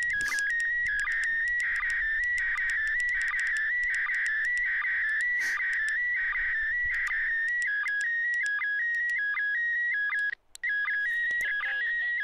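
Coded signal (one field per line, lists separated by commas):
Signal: SSTV (slow-scan television)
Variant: PD180 mode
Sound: warbling whistle-like tone shifting pitch, with regular short low blips, continuous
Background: FM radio hiss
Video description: An example of SSTV (slow-scan television) transmission being received on a ham radio, 2m band (145,800mhz). The signal has to be decoded with a software on a PC - used MMSSTV (coding PD180).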